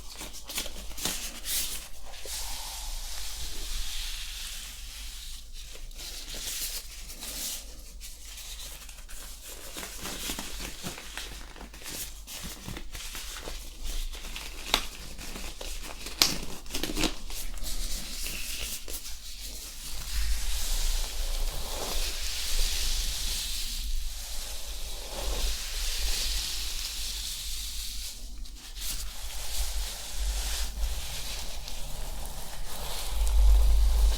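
Scalp massage and hair care: a steady, dense hiss of fingers scratching and brushing through hair, full of rapid crackly strokes. Softer sweeping passes come every few seconds, and the rubbing grows louder after about twenty seconds, with a sharp bump near the end.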